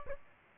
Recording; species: mosquito wingbeat signal from an infrared sensor; Aedes aegypti